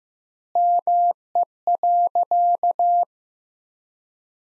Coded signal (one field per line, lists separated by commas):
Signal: Morse code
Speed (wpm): 15 wpm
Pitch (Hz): 700 Hz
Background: none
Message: ME.